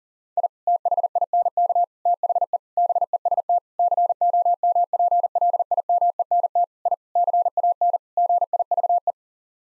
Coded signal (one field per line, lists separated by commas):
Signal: Morse code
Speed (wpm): 40 wpm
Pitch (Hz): 700 Hz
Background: none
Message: I THINK THE BEST COMPLIMENT I CAN GIVE